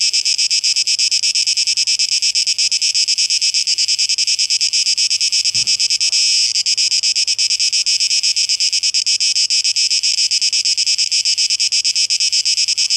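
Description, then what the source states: Cicada chorus, a high pulsing buzz running throughout, interrupted briefly midway by a dull low thump. Cicadas, 12 August 2023.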